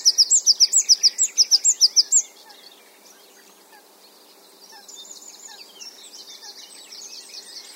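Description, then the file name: Great tit giving a fast string of many high, sharp notes, then quieter soft chirping and high twittering. "Parus major"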